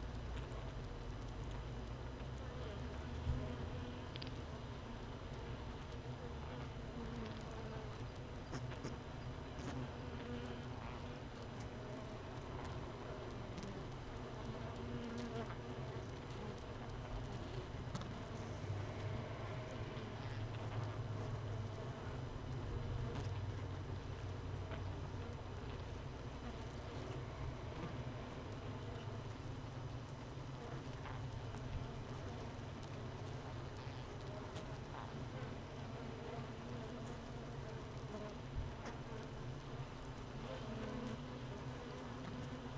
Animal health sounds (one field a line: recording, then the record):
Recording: honeybee colony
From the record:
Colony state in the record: missing queen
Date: 31 May 2018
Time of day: 15:53